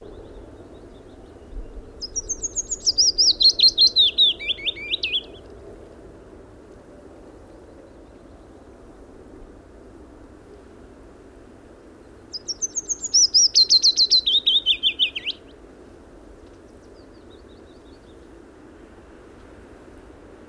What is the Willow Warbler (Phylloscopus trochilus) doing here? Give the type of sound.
song